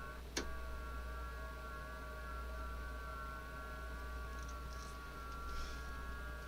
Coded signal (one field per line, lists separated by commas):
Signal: FT8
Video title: FT8 Digital & rag chew